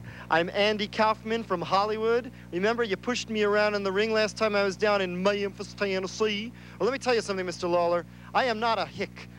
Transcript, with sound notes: I'm Andy Kaufman from Hollywood. Remember, you pushed me around in the ring last time I was down in (mocking Tennessee accent) Memphis, Tennessee? Well, let me tell you something, Mr. Lawlor. I am not a hick.